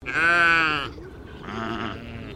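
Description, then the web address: English Leicester sheep bleating: one loud, harmonic baa lasting nearly a second, then a second softer baa of about the same length. English Leicester breed. "Sound Effects-Foundation 1 ANIMAL SHEEP ENGLISH LEICESTER BAA"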